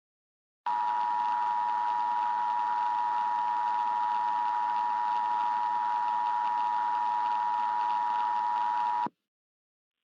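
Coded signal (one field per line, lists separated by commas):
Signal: Emergency Alert System (SAME) tones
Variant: 853 and 960 Hz attention tone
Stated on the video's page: Fictional EAS scenario alert about a hot Jupiter approaching Earth.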